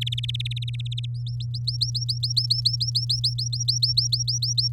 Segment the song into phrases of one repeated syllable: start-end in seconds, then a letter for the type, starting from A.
0.01-1.06 A, 1.15-4.73 B